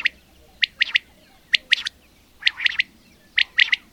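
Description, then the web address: Bird song: rapid bursts of bright chirps in groups of three or four, repeated about every second. "madarak enek"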